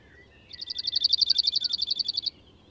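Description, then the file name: Cirl bunting giving a fast, even rattle of repeated high notes that swells over almost two seconds. "Bruant zizi"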